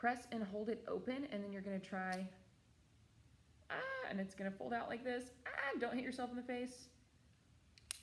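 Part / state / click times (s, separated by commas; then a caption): folding leg brace locking into the music stand base / seated / 7.9 s. A woman talks while pressing and holding the small folding lever on a metal music stand base so the leg folds out. The folding leg brace locks into position in the base with a sharp click at 7.9 s.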